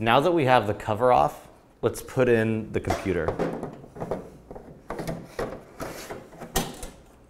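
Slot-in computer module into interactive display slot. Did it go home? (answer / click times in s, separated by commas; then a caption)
yes / 6.6 s. Someone talks as a slot-in computer module is slid into its slot in the back of a ViewSonic ViewBoard IFP50 interactive display panel, with the cover off. Scraping and knocking sounds build from about 4.0 s as the module is pushed in. It snaps home and latches with a sharp click at 6.6 s.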